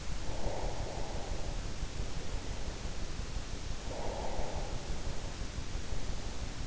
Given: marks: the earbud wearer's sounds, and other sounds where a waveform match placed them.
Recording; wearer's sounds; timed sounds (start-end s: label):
sounds in sleep by an in-ear microphone; breath
0.00-2.90 s: breath
3.60-6.41 s: breath